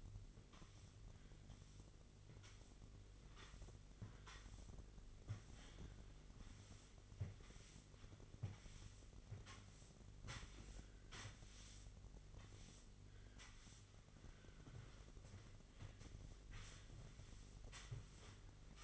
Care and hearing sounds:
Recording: daily activity, microphone in the room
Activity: sweep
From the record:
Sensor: 4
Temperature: 27.9 degrees Celsius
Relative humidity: 34.3%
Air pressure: 1002.4 hPa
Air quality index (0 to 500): 216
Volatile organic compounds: 12 ppm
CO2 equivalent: 2330 ppm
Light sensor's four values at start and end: 19/69/25/25 and 19/68/25/25

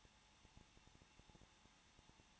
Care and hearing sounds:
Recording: daily activity, microphone in the room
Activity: no activity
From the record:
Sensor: 1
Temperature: 20.1 degrees Celsius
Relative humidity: 39.4%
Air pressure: 1006.4 hPa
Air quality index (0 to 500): 219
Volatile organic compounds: 81 ppm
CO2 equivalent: 3619 ppm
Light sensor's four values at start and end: 1/2/1/1 and 1/2/1/1

